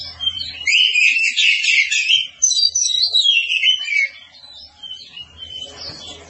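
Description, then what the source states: Oriental magpie-robin song, loud rapid warbling and whistled notes for four seconds, then a quieter, scratchy stretch with low hum. Long-duration recording.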